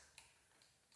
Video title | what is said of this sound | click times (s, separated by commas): Audi TT rebuild - Suspension, Brakes and Bits - E10 | When it clicks, it's inside. | 0.2 s